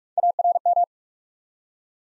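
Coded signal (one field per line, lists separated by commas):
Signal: Morse code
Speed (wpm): 44 wpm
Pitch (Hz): 700 Hz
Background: none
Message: ARM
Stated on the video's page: Morse practice at 45 wpm building three-letter words one letter at a time, for instant character recognition.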